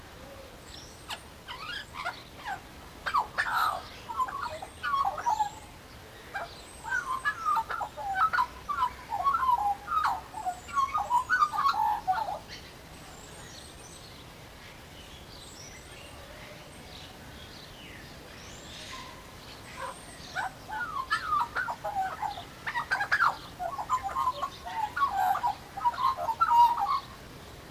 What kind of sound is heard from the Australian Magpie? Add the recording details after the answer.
song. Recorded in captivity. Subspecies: hypoleuca. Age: adult. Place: Zoo Berlin, Berlin, DE. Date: 1997-10-18 11:54. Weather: sunny, 12-15°C. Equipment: Nagra SN, Kopie Uher 4000 Report Monitor. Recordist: Tembrock, Günter. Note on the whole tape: Weißrücken-Flötenvogel (G.t.hypoleuca): Gesang, Entfernung ca. 2-3 m